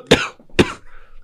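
Two abrupt, forceful adult coughs about half a second apart, with faint room noise.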